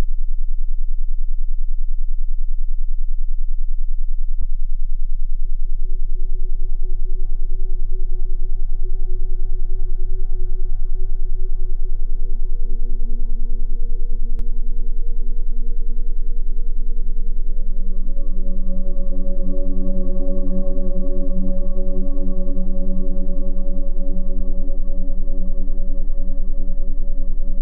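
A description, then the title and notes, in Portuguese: A steady, low electronic tone of 10 Hz and 20 Hz hums with a rapid, regular pulsing and stacked overtones. Faint clicks come at about 4, 14 and 24 seconds. After the midpoint, brighter ringing tones build, like a singing bowl. Frequência 10Hz + 20 Hz.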